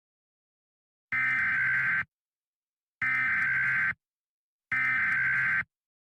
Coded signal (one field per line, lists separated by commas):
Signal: Emergency Alert System (SAME) tones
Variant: header bursts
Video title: EAS Scenario: The Return Of The Babylon Virus